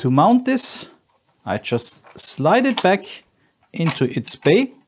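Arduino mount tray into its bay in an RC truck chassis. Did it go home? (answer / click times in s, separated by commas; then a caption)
no / none. Someone talks while handling an Arduino mount tray that slides back into its bay in a Tamiya King Cab RC truck chassis with a Traxxas Slash rear axle, where magnets hold it. Only speech is heard, with pauses between phrases. Nothing has seated or clicked yet.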